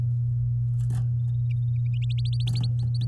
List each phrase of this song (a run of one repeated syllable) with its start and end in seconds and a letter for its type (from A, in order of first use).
2.25-3.05 A